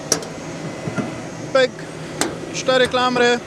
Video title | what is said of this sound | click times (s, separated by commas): SIEWY W KAMIENIOŁOMACH | Tiene que estar bien cerrada. Aquí hay una junta que encaja perfectamente. ¡Pum!, | 0.1 s